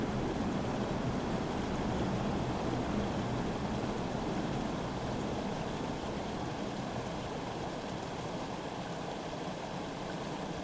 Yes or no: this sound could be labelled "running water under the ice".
yes